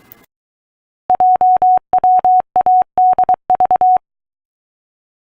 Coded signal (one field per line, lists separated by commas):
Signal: Morse code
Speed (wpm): 23 wpm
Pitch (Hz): 740 Hz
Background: none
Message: JWADV